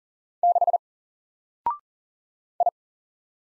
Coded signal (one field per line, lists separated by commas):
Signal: Morse code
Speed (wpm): 40 wpm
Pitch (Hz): 700 Hz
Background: none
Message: 6 I